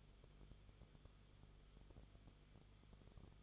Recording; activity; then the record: daily activity, microphone in the room; no activity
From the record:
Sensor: 4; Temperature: 22.9 degrees Celsius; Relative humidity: 34.5%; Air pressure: 1011.5 hPa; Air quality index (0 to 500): 193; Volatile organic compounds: 13 ppm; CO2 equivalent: 2389 ppm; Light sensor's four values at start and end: 2/3/1/1 and 2/3/1/1